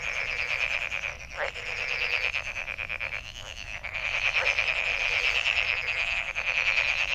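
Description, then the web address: Frog chorus with rapid pulsed trills and a steady high ring, growing louder in the second half. Recorded 23 May 2008. "misc sound frog frog 20080523"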